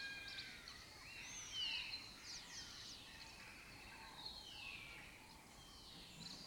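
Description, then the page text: Lesser kestrels calling from a colony, overlapping high, rasping, arched notes rising and falling in quick succession, with a soft background hiss throughout. Breeding colony occupying an abandoned building complex in Doñana; migratory raptor that forages in West Africa and breeds in southern Europe. "Lesser Kestrels Took Over an Abandoned Building. Here in Doñana"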